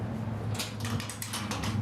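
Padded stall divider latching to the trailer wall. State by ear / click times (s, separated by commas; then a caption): seated / 1.2 s. A padded, solid stall divider in a 2025 Logan Coach Bullseye 3-horse bumper pull trailer is swung back into position against the trailer wall. Its metal latch locks into place with a short, sharp metallic click at 1.2 s, among a few other brief clatters over a low steady hum. The divider is latched.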